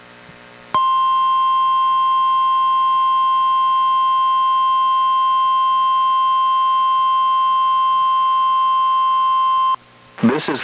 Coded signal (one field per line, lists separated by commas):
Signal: Emergency Alert System (SAME) tones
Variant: 1050 Hz attention tone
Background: speech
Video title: EAS #1048: NWR Required Weekly Test- Jan. 15, 2025- 11:06AM PST